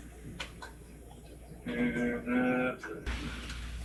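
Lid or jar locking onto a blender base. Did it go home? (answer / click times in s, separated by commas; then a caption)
yes / 0.4 s. A lid or jar is fitted onto a kitchen blender or food processor base and turned until it clicks, locking into place. A sharp click is heard at 0.4 s, followed by a few more faint taps. From about 1.7 s to 2.7 s someone talks, and a steady low hum starts near 3.1 s.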